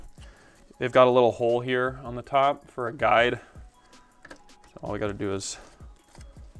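Someone talks while lining up plastic air vents by the small guide hole on top, ready to push them into the dashboard trim panel of a 4Runner. Faint handling taps are heard around 4.3 s, 4.6 s and 6.2 s. Nothing has seated or clicked yet.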